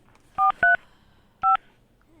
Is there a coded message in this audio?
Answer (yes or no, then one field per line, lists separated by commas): yes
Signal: DTMF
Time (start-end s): 0.4-1.6 s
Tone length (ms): 150 ms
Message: 43 5